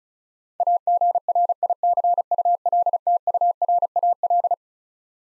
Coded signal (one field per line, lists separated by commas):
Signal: Morse code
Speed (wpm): 36 wpm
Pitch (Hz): 700 Hz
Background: none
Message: AGRICULTURAL